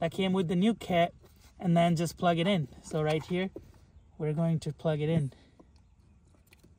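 Someone talks while the power plug that came with a new portable instrument cluster display kit for a Tesla Model 3/Y is brought to its harness socket. Faint, brief handling taps follow between about 5.6 and 6.6 s, and the plug has not yet seated or clicked.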